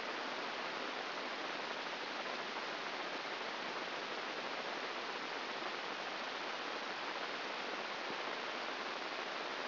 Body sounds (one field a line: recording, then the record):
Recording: brain microelectrode recording played as sound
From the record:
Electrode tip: inside the subthalamic nucleus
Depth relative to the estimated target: 0 mm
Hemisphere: left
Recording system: AlphaMap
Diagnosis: Parkinson's disease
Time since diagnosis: 15 years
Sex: female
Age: 68 years